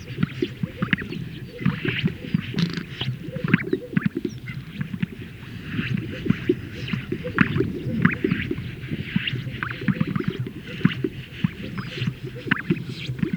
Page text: Greater Sage Grouse Lek. Greater Sage Grouse males performing at a lek, where they inflate a large sac and release the air